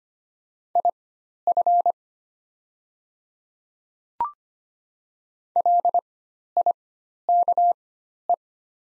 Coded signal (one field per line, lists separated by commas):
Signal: Morse code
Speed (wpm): 25 wpm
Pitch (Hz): 700 Hz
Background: none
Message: IF LIKE